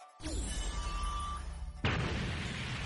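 A powerful explosion booms out with a deep, rumbling roar, followed by a second heavy blast that hits harder and leaves a sustained low rumble.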